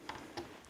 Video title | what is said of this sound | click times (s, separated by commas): LEGO Star Trek Enterprise COMPLETE! The Minifigs, The Details… TTB Goes Galactic | One little click. | 0.1 s